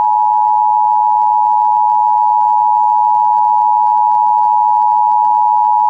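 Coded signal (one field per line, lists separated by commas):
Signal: Emergency Alert System (SAME) tones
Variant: 853 and 960 Hz attention tone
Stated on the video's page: Required monthly tests received from Pennsylvania FM radio stations, an FM translator, and a TV subchannel, including an EASyCAST and SAGE relay.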